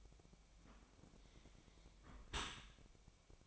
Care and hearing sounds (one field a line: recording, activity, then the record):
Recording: daily activity, microphone in the room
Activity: close dishwasher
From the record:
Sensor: 1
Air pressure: 1003.2 hPa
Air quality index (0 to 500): 197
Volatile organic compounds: 6 ppm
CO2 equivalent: 1882 ppm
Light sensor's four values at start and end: 29/72/31/37 and 29/72/31/37